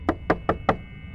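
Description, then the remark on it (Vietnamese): Four slow, heavy knocks on a bathroom door, evenly spaced and thudding, with a low steady hum between them and no voices. “Im lặng khoảng vài giây sau, âm thanh chậm chậm nhưng rất nặng nề phát ra từ việc gõ vào cánh cửa nhà vệ sinh lại vẫn tiếp tục vang lên.”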